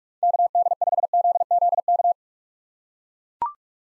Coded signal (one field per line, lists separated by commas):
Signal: Morse code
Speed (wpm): 41 wpm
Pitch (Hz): 700 Hz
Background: none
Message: KD5ZZK